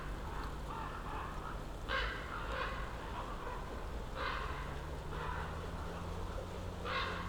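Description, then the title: Common raven calls, a series of harsh croaks, some louder than others, above a steady low hum. Ravens circling above a mountain slope for over ten minutes at Patnik mountain side, Goworów, Poland, on a New Year's walk; recordist crouched among young beeches; Zoom F4, AT BP4025. "Patnik mountain side, Goworów, Poland - Circling ravens"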